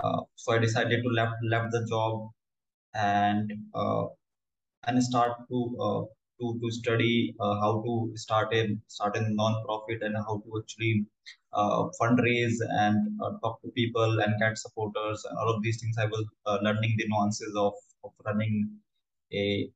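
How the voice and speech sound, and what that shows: Speech of a 26-year-old man from New Delhi, India, who stammers, with onset late, around age 8 or 9, and no speech therapy. Word and phrase repetitions, prolonged sounds, fillers and pauses, typical of stuttering.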